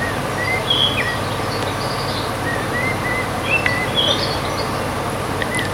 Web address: SETE data Sylvia atricapilla